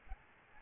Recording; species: mosquito wingbeat signal from an infrared sensor; Aedes albopictus